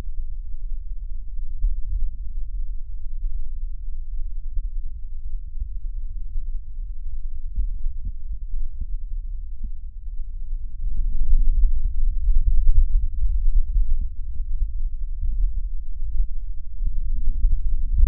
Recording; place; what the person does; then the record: lung sounds by stethoscope; left posterior basal chest; quiet breathing, then deep breathing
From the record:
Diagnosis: interstitial lung disease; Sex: male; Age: 61 years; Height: 172 cm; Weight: 71 kg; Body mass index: 24.0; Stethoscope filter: bell mode